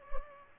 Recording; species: mosquito wingbeat signal from an infrared sensor; Culex pipiens